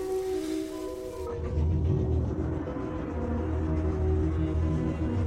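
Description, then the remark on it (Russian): Heavy, steady rain pours down on a railway platform in the evening as a continuous hiss over a deep low rumble, following a brief opening of sustained tonal notes that fade out after the first second. “Льет дождь. Перрон.”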